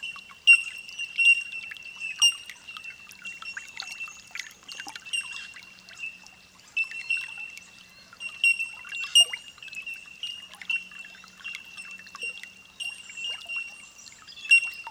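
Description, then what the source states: Bellbird calls, a soft chorus of clear, high ringing tink notes repeating almost continuously, with overlapping bell-like pings and faint chirps throughout. Holophonic (olofonia) recording.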